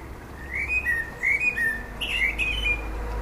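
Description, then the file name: Common blackbird song, mellow whistled notes rising and falling in a relaxed warble, followed by a higher, scratchier twittering flourish, over a faint low hum. "Turdus merula"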